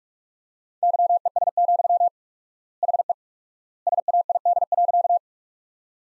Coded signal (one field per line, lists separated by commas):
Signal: Morse code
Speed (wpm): 42 wpm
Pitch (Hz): 700 Hz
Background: none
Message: YES, HE SAID.